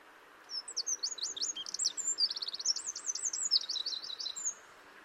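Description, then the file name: Eurasian wren song, a high, rapid tumbling sequence of swept notes, a fast trill and looping phrases, lasting about four seconds. "Troglodytes troglodytes"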